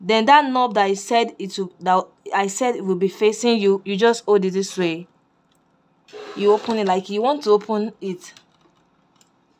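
Someone talks while holding open the latch of a metal bobbin case, with the knob facing them, to fit it onto the rotary hook of an industrial sewing machine, where it must click to be in properly. Speech fills most of the clip, and faint handling ticks appear near 9.2 s. Nothing has seated or clicked yet.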